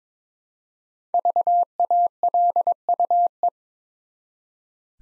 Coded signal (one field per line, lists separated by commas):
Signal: Morse code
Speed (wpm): 22 wpm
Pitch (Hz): 700 Hz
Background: none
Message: VALUE